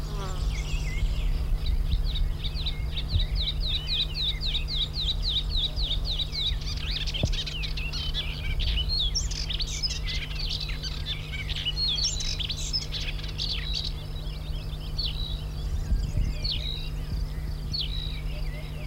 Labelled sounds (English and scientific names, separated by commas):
Woodchat Shrike (Lanius senator) song